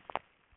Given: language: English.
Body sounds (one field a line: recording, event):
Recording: throat vibration sensor signal played as sound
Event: swallow